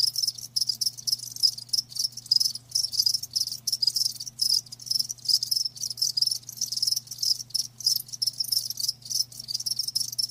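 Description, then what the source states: Cricket song of fast, high-pitched pulsed chirps in irregular bursts, continuing throughout above a faint low drone. Live crickets chirping.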